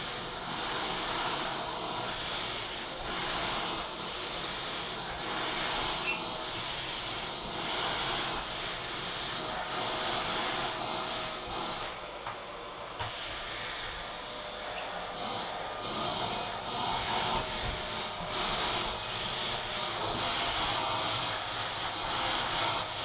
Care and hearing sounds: daily activity, microphone in the room; vacuum cleaning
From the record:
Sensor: 5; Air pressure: 991.2 hPa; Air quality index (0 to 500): 122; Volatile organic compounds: 47 ppm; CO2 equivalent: 3247 ppm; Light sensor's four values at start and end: 34/108/41/43 and 33/105/40/42

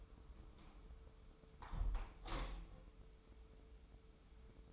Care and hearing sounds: daily activity, microphone in the room; close window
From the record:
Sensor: 1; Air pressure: 995.8 hPa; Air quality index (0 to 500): 54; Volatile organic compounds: 2 ppm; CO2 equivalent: 1036 ppm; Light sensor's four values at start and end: 30/104/40/42 and 30/104/40/41

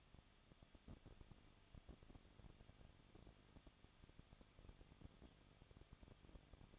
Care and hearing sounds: daily activity, microphone in the room; no activity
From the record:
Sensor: 4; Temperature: 23.0 degrees Celsius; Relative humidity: 34.5%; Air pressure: 1007.2 hPa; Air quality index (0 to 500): 216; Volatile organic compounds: 15 ppm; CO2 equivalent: 2505 ppm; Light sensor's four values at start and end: 2/3/1/1 and 2/3/1/1

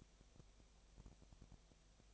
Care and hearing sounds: daily activity, microphone in the room; no activity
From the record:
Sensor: 1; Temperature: 19.8 degrees Celsius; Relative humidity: 37.9%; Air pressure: 998.8 hPa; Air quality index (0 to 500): 233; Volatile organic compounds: 134 ppm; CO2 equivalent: 3950 ppm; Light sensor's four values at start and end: 1/2/1/1 and 1/2/1/1

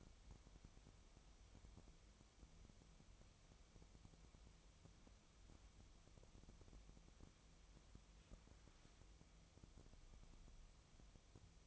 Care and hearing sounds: daily activity, microphone in the room; wipe stove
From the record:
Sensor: 1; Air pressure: 1004.8 hPa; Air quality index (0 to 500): 75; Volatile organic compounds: 2 ppm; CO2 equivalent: 1004 ppm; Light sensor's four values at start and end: 9/23/9/10 and 9/23/9/10

